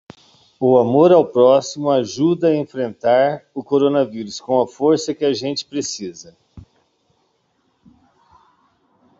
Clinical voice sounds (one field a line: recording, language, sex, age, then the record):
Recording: spoken sentence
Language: Brazilian Portuguese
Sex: male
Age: 40 to 49 years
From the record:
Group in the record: control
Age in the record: 49 years